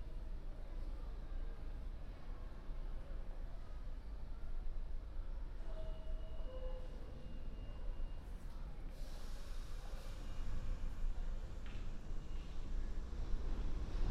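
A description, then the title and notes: A binaural field recording made on the way from Sunset Park to Harlem, dominated by a steady, dense low rumble like a moving vehicle or train. Faint voices sit underneath, a brief thin tone sounds around six to seven seconds, and a brighter hiss rises after nine seconds. A binaural field recording, from my studio in Sunset Park to my apartment in Harlem.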